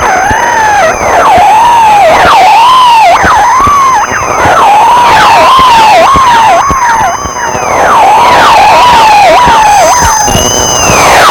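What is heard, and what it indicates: Repeated warbling, bell-like tones sweeping up and down, over a steady high-pitched ring, a synthesized tinnitus stimulus simulating hearing bells.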